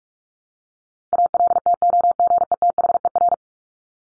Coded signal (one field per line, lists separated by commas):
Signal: Morse code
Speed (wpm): 44 wpm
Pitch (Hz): 700 Hz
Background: none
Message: ALTOGETHER